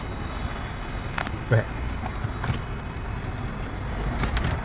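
A new radio's plastic bezel trim panel is handled and pressed toward the dashboard of a 2016 Chevrolet Colorado, and someone talks. A few short plastic clicks and taps are heard, but nothing has seated or clicked home yet.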